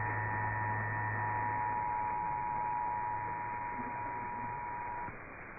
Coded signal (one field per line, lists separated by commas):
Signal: Emergency Alert System (SAME) tones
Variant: 853 and 960 Hz attention tone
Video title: VISUAL FRUSTRATION ENSUES... EAS Tests from August 2025 (EAS #6,206 - 6,251)